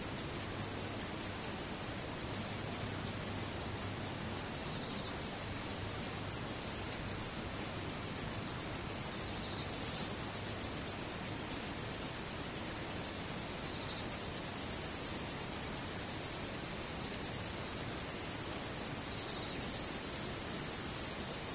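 Insects chirp in a steady, dense chorus, with a rapid, regular pulsing very high up and a thin continuous whine above it. Underneath is a constant hiss, with a brief click near the middle, and the level swells slightly toward the end.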